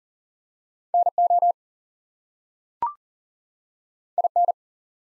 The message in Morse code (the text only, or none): NO IN